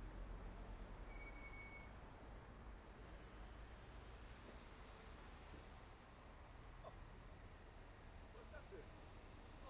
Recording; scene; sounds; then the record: everyday scene through a hearing-aid microphone; in traffic; traffic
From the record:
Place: main road on the outskirts, rush hour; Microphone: behind the ear, left, front